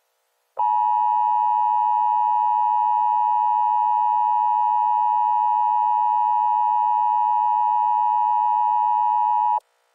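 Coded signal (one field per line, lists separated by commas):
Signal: Emergency Alert System (SAME) tones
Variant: 853 and 960 Hz attention tone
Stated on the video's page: Fictional EAS scenario for a fire tornado warning.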